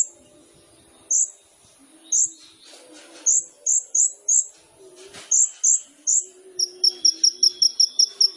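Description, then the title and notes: Sunbird calls: sharp high single chips at irregular intervals, quickening near the end into a rapid run of thin high notes. Indonesian masteran training song of a gacor kolibri ninja with full fill-in phrases (isian) and shots (tembakan), used as a lure to provoke other birds to sing. "MASTERAN KOLIBRI NINJA TERBAIK FULL ISIAN DAN TEMBAKAN MEWAH COCOK BUAT PANCINGAN. Suara Burung Kolibri Ninja Gacor"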